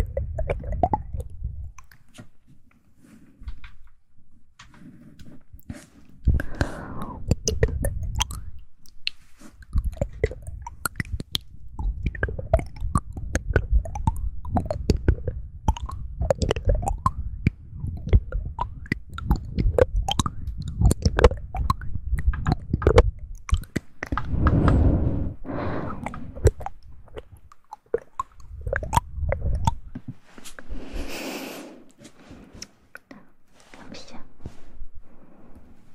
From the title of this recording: ASMR Tingly Mouth Sound Triggers